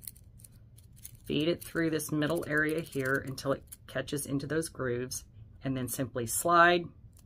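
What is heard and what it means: A disposable metal dermaplaning blade is fed through the middle area of a plastic handle tip until it catches in the grooves, then slid along toward its place. Someone talks throughout, with a few faint ticks near the start and end. The blade has not snapped into place yet; nothing has seated or clicked.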